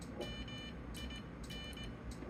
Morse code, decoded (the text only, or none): MIN